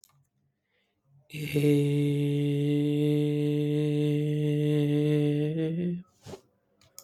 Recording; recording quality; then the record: sustained vowel as in made; excellent, no background noise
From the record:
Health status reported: exposed to COVID-19, no respiratory illness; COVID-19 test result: negative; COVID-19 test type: RT-PCR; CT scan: not taken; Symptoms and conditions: cough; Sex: male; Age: 26 years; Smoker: yes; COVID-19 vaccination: both doses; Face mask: not worn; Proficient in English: yes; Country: India